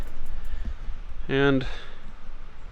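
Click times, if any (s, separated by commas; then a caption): none. A cabin vent assembly is handled at its opening in the rear body panel of a vehicle, against a steady low rumble, while someone briefly talks. Nothing has seated or clicked yet.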